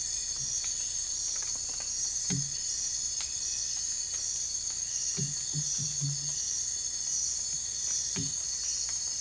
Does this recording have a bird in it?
no